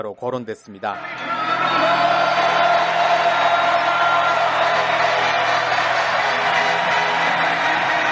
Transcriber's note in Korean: 녹취: 농구장 관중 함성